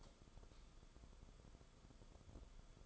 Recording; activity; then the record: daily activity, microphone in the room; light off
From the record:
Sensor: 5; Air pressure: 994.5 hPa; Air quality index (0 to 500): 192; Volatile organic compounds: 1000 ppm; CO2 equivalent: 5647 ppm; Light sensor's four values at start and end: 25/65/26/31 and 24/62/25/30